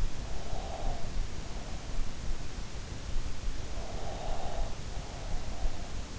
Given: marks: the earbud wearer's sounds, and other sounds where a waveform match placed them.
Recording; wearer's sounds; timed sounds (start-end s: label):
sounds in sleep by an in-ear microphone; breath
0.12-1.22 s: breath
3.68-5.97 s: breath